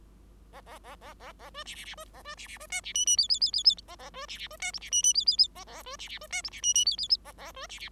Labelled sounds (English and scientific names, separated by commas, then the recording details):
Bengalese Finch (Lonchura striata domestica) song
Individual Bird5